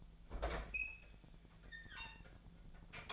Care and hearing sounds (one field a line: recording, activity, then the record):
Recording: daily activity, microphone in the room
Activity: open fridge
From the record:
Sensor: 5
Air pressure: 1009.8 hPa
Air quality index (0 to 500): 160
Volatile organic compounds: 4 ppm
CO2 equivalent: 1561 ppm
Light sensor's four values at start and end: 124/317/132/141 and 127/322/135/144